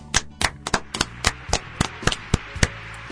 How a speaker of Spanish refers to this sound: Así que el aplauso. Por muchos más.